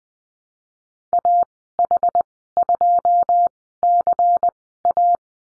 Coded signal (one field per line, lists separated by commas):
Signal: Morse code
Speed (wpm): 20 wpm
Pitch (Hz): 700 Hz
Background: none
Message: AH2CA